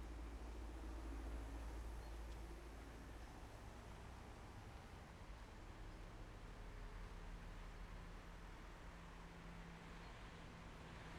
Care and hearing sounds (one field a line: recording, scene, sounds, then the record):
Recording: everyday scene through a hearing-aid microphone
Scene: in traffic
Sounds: traffic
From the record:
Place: main road on the outskirts, rush hour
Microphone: behind the ear, left, rear